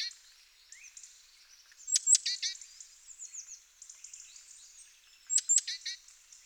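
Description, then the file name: Great tit calls: a few faint notes, then two bursts of sharp high clicks running into rasping churrs, separated by a few seconds of soft twittering. "Parus major"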